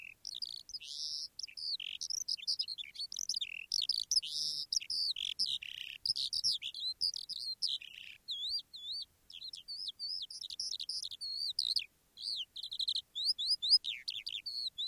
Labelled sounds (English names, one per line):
Eurasian Skylark